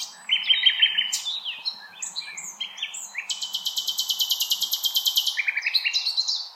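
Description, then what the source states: Common nightingale song with a whistled opening, varied notes, then a long, very fast high rattling trill and a closing whistle. Recorded 16 April 2021.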